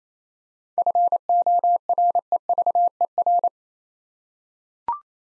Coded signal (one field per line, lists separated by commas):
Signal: Morse code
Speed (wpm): 27 wpm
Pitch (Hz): 700 Hz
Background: none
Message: FOREVER